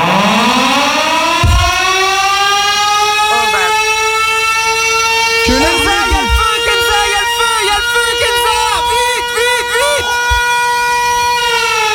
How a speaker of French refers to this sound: Oh, j'adore cette alarme.